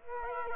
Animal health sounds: mosquito wingbeat signal from an infrared sensor; Culex quinquefasciatus

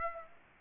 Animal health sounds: mosquito wingbeat signal from an infrared sensor; Aedes aegypti

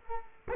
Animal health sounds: mosquito wingbeat signal from an infrared sensor; Culex quinquefasciatus

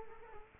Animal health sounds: mosquito wingbeat signal from an infrared sensor; Culex quinquefasciatus

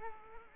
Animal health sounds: mosquito wingbeat signal from an infrared sensor; Culex quinquefasciatus

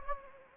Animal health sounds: mosquito wingbeat signal from an infrared sensor; Anopheles gambiae

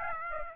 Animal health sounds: mosquito wingbeat signal from an infrared sensor; Aedes aegypti

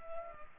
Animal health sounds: mosquito wingbeat signal from an infrared sensor; Culex pipiens

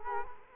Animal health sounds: mosquito wingbeat signal from an infrared sensor; Culex quinquefasciatus

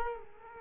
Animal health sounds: mosquito wingbeat signal from an infrared sensor; Culex quinquefasciatus

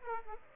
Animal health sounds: mosquito wingbeat signal from an infrared sensor; Aedes aegypti

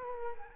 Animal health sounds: mosquito wingbeat signal from an infrared sensor; Culex quinquefasciatus

